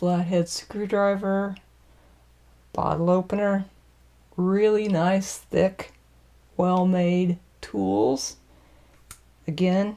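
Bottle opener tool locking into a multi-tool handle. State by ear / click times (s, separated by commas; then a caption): seated / 9.1 s. The bottle opener and flathead screwdriver tool on a steel Leatherman ARC multi-tool is opened until it snaps and locks into the handle while someone talks. A short, sharp click is heard at 9.1 s as the tool seats and locks in place.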